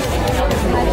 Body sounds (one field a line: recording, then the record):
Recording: background sound without coughing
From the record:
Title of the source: Nightlife Party Simulating Party Club Noise 1 Hour